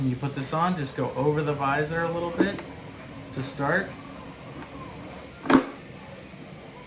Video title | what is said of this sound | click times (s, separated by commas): Cobra Commander Helmet | And it'll snap right into place. | 5.5 s